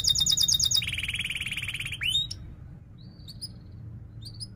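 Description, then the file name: Canary song: a fast high buzzy trill, then a lower rolling trill of rapid even notes for over a second, an upward sweep, and sparse faint high chirps. Canary singing in gacor style with sharp rolling 'ngerol' trills and 'cuit-cuit' chirps. "Suara Kenari Gacor Cuit Cuit Ngerol Tajam"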